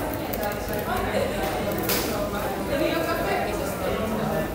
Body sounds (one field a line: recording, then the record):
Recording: background sound without coughing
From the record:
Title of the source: 40 min - Ambience sounds UNIVERSITY lunchroom chatting